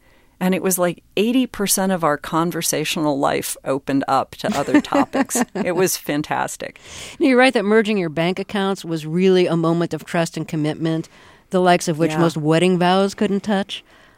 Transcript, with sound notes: and it was like 80 percent of our conversational life opened up to other topics.
(Laughter).
It was fantastic.
Now, you write that merging your bank accounts was really a moment of trust and commitment...
Yeah.
...The likes of which most wedding vows couldn't touch.